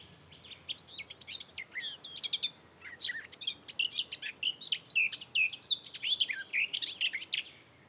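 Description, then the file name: Eurasian blackcap song: steady, rapid, varied warbling of sharp high notes, building in loudness through the middle and fading at the close. "Sylvia atricapilla"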